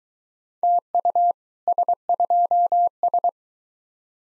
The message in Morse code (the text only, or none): TU S2S